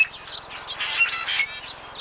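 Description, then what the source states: Common grackle call: a burst of harsh, squeaky, high-pitched notes and rasping chatter. An iridescent black bird of semi-open areas, often found in large flocks, that eats just about anything.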